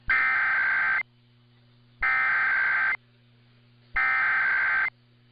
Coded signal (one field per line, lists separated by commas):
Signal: Emergency Alert System (SAME) tones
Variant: header bursts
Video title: [EAS #2324-#2354] RWTs & RMTs from the week of 4/3/23 (Part 2)